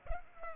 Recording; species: mosquito wingbeat signal from an infrared sensor; Culex pipiens